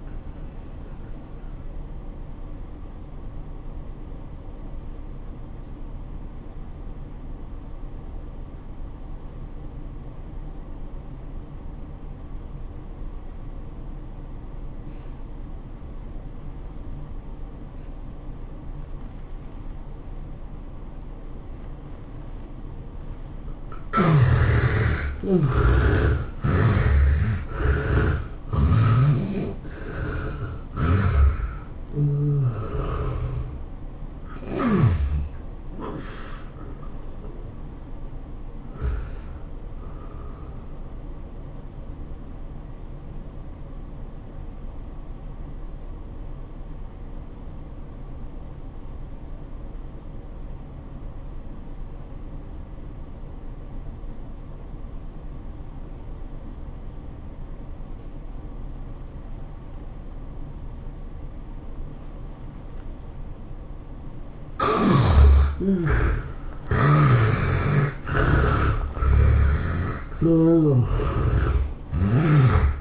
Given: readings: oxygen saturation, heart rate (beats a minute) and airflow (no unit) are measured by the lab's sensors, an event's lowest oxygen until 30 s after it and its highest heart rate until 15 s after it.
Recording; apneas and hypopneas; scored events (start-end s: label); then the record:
breathing in sleep by a smartphone at the bedside; 2
3.00-24.10 s: obstructive apnea (N1, oxygen 95% highest, then 72% lowest, heart rate 88 at the start, 106 highest)
11.00-41.00 s: new sleep stage, N2 (light sleep)
41.00-72.81 s: new sleep stage, N1 (lightest sleep)
47.00-65.50 s: obstructive apnea (N1, oxygen 97% highest, then 72% lowest, heart rate 93 at the start, 105 highest)
From the record:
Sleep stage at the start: N1 (lightest sleep); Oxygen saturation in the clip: 72 to 97%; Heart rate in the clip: 80 to 106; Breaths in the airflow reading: 9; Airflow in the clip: -12.4 to 17.7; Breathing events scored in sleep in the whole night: 403 in 5.5 hours asleep